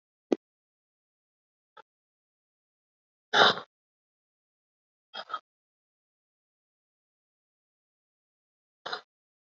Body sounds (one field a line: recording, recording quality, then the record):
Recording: shallow breathing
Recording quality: moderate, slight background noise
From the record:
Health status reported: COVID-19 positive, moderate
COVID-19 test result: positive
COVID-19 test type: RT-PCR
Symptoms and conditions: cough, cold, breathing difficulty, fever, fatigue, chronic lung disease, hypertension, diabetes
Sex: male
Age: 65 years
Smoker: no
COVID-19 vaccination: both doses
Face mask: worn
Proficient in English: no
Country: India